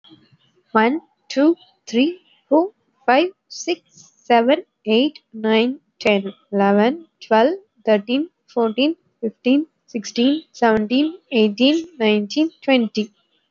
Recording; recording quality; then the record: counting at a normal pace; excellent, no background noise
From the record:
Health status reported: exposed to COVID-19, no respiratory illness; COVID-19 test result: negative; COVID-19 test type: RT-PCR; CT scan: not taken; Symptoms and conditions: cold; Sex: female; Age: 27 years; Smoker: no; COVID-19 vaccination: both doses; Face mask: worn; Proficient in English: yes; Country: India